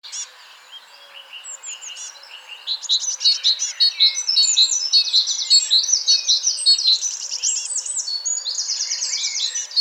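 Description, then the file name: Great tit calls: after a quiet start, rapid high repeated chirps build into a busy, continuous stream of notes lasting to the end. "Parus major"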